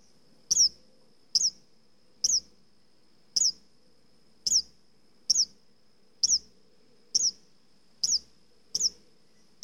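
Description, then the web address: Mockingbird song, one high piercing chirp repeated steadily, roughly every second, with quiet gaps between. "bird mocking song animal"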